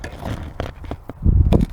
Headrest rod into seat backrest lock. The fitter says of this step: hear the click but there is a clip here definitely